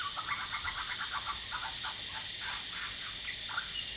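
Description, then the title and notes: Lyrebird song, a rapid run of short clear notes repeated about four times a second, set against a loud, steady high-pitched cicada drone. Male, Horsfield Bay, NSW, 23 January 2017, singing vigorously outside a window, cicadas calling loudly, noise reduction applied. "Lyrebird - Horsfield Bay NSW, Jan 23 2017. Male lyrebird just going bonkers outside my window"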